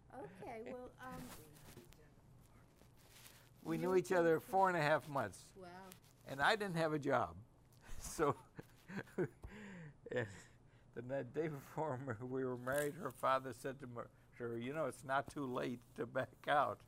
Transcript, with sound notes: Okay.
We knew each other four and a half months. And I didn't have a (he laughs) So, and that day before we were married, her father said to her, you know, it's not too late to back out.